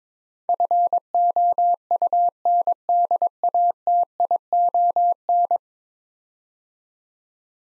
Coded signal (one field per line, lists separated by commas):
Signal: Morse code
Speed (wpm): 22 wpm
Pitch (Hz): 700 Hz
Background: none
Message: FOUNDATION